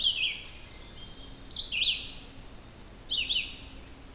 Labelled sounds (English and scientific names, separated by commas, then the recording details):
Red-eyed Vireo (Vireo olivaceus) song
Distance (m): 5 m
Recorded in boreal forest in Alberta, Canada, on 16 June 2016 at 06:56
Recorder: SongMeter 3, array SBT-3-32
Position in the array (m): 36 m, 8 m